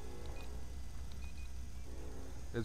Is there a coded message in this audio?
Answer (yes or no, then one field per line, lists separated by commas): no